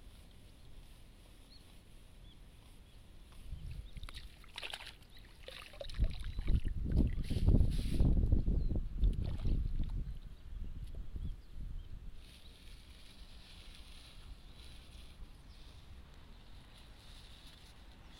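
Rice seedlings are pulled from a flooded nursery bed, with splashing and sloshing water swelling around the middle before easing into quieter rustling.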